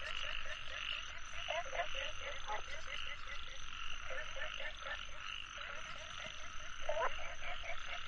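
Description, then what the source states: Frogs give fast, uneven croaks, about four a second, over a constant hum. Nature soundscape.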